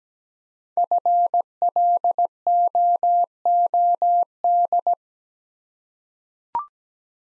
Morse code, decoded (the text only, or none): FLOOD